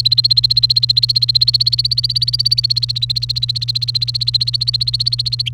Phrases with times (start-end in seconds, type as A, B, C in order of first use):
0.00-5.49 A